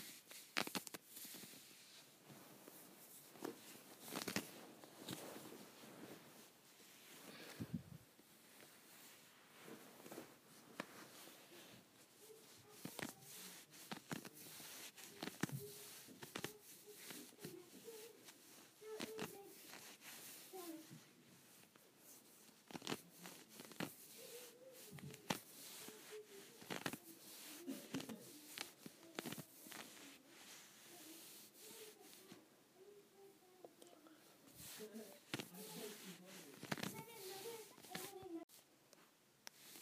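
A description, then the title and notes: Scratchy leggings rub and swish in quick, irregular bursts, a dense run of short rasping strokes that come every second or so for the full forty seconds. Between them sits a faint low murmur, like muffled voices, that wavers quietly in the background. ASMR Scratchy Leggings.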